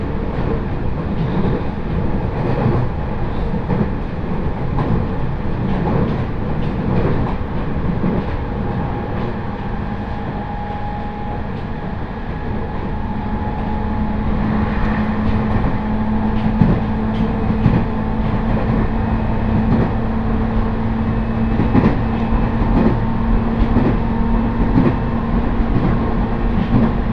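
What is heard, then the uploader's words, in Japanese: A train ride on the Jōban Line, heard from inside: a steady low rumble of the carriage with sharp clicks and knocks from the rails every second or two. Midway a sustained low hum rises and holds, with a faint higher whine above. 鉄道旅 常磐線 南中郷→勝田。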